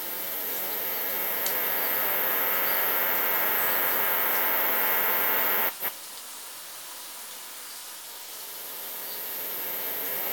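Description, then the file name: Cicada song: a steady, dense hissing buzz that holds for nearly six seconds, then stops abruptly, leaving a faint background hiss that slowly swells again. "brevipennis"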